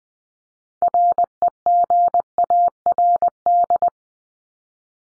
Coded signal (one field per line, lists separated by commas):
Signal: Morse code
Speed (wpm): 20 wpm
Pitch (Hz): 700 Hz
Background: none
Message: REGARD